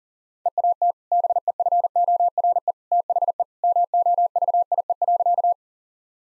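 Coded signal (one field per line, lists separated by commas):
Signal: Morse code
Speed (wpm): 40 wpm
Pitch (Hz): 700 Hz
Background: none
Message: EAT BEFORE THE MOVIE.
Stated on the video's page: Morse practice at 40 wpm: sentences built from common two-word phrases, each sent twice for head-copy training.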